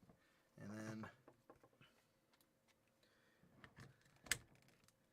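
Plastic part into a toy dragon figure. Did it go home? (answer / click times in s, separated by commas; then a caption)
yes / 4.3 s. Someone talks briefly, then faint handling and rustling follow as the next plastic piece of a toy dragon figure is pressed into its socket. It clicks home with a sharp, bright snap at 4.3 s, a satisfying click that seats the part.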